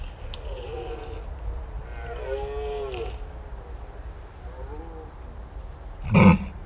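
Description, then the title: Red deer giving a faint wavering bellow, a louder one, then another faint one, with low background rumble and a sharp knock near the end. Rutting red deer stags bellowing in daytime, early in the season, in a marsh reserve at Béon, France; roads and large rail marshalling yard nearby; Lom Usi Pro stereo microphones, Zoom F8 recorder. "Marais de Lavours -Béon, France - Brame diurne"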